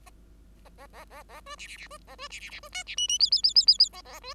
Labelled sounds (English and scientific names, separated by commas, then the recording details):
Bengalese Finch (Lonchura striata domestica) song
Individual Bird5